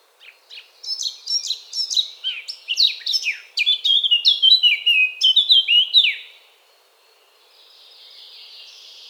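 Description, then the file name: Eurasian blackcap song: soft notes that build into a lively warble of rich fluty phrases lasting about six seconds, followed by faint background hiss. "Sylvia atricapilla"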